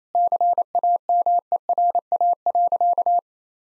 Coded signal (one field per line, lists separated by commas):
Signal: Morse code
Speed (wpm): 28 wpm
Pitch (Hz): 700 Hz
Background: none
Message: CAMERA.